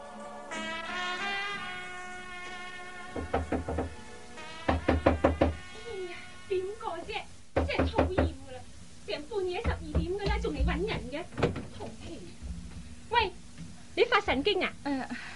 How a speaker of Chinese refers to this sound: 拍得咁大力做咩啫？ 对唔住啊，小姐，我拍门拍咗好耐都唔见有人嚟开门，我仲以为冇人添。